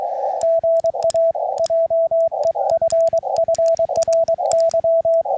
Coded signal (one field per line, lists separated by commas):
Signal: Morse code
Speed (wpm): 22 wpm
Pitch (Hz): 660 Hz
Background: radio noise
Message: GA JEFFRY